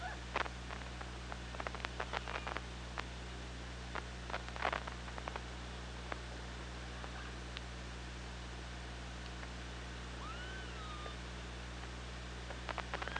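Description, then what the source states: Killer whale clicks in an irregular series at first, then a few looping tonal calls that rise and fall, with steady underwater hiss and hum. Killer whales picked up underwater by an OrcaLab hydrophone, 24 August 2017, at 15:45:26.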